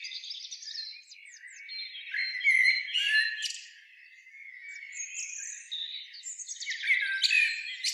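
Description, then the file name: Eurasian blackbird chattering in high, scratchy twitters, with a softer lull midway and louder squeaks near the end. "Turdus merula"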